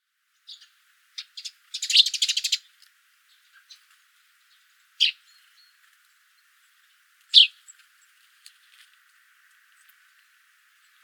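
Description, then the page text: Eurasian tree sparrow chirps, scattered sharp high notes with a short rapid chattering burst early on, then several louder single chirps spaced a few seconds apart. "Volker Arnold - Полевой воробей (Passer montanus)"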